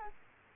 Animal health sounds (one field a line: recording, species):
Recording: mosquito wingbeat signal from an infrared sensor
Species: Culex quinquefasciatus